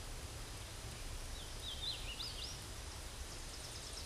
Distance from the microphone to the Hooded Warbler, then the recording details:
about 75 m. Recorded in a Pennsylvania forest on 17 May 2023 at 13:34. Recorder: AudioMoth, point grid1_19_low. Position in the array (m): 42 m, 156 m